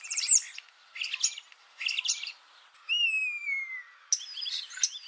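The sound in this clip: Common starling song: dense rasping chatter bursts about once a second, then a long clear whistle sliding gently downward, followed by more buzzy chatter.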